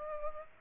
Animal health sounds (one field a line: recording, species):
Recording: mosquito wingbeat signal from an infrared sensor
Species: Aedes aegypti